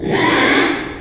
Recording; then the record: squeal of a Yucatan mini pig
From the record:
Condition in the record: after surgery on the right vocal fold (resection and tissue-engineered implant); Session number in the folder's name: 3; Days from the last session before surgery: 33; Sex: male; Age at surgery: 12 weeks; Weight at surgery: 13 kg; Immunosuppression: cyclosporine, prednisolone